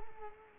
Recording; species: mosquito wingbeat signal from an infrared sensor; Culex quinquefasciatus